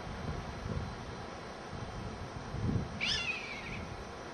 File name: hb hexhamshire 10 july 2006 anger calls